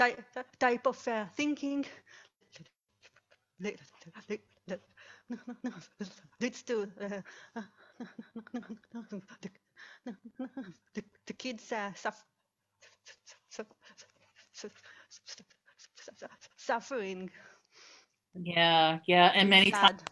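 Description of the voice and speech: Halting speech from an adult woman who stutters, with repeated and stretched sounds and long silent blocks between words: stuttering.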